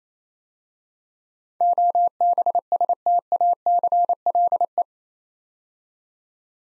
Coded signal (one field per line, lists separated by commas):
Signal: Morse code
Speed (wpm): 29 wpm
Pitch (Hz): 700 Hz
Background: none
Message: OBSTACLE